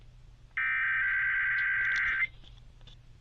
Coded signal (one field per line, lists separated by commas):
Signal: Emergency Alert System (SAME) tones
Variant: header bursts